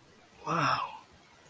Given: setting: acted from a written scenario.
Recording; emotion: vocal sound without words; awe